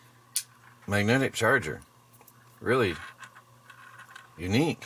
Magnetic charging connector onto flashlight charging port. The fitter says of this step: wow that snaps right into place